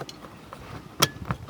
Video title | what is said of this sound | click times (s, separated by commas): Tapo Doorbell Camera, hooked up to blue iris. Wired camera hooked up to a wireless house. | And it locks in place. | 1.0 s